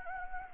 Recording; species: mosquito wingbeat signal from an infrared sensor; Anopheles gambiae